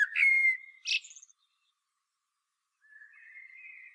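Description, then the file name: Common blackbird giving a short fluty note and a scratchy burst, then a soft, thin drawn-out warble after a pause. "Turdus merula"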